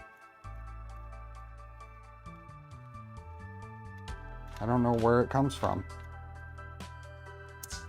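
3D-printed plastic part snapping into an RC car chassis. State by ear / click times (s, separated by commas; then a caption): seated / 7.6 s. During assembly of a 3D-printed RC car, a printed plastic part is pressed into its mount on the chassis while music plays and someone talks. A short, sharp snap at 7.6 s marks the part seating firmly in place.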